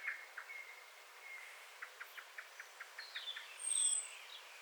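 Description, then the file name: Common blackbird giving a regular run of short, hard chink notes, about five per second, then a brief high thin note near the end over faint hiss. "Turdus merula"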